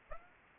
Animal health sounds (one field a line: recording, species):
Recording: mosquito wingbeat signal from an infrared sensor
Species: Aedes aegypti